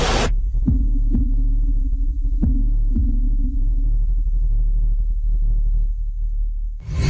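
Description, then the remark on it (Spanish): A heartbeat sound effect in a La Radio del Sur station ident: a few deep double thumps in slow lub-dub pairs over a steady low throbbing hum, with brief bursts of noise at the start and end. “Suenan los latidos de la patria grande.”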